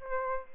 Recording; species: mosquito wingbeat signal from an infrared sensor; Aedes albopictus